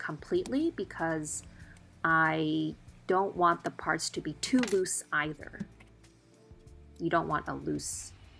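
Someone talks while handling plastic parts of a Gunpla model kit, one with a peg partly trimmed so it won't be too loose, pressing it toward its mating part. Faint handling sounds come between the speech. Nothing has seated or snapped together yet.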